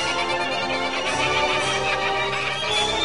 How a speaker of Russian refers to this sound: Крыш, крыш, проклятые сороки!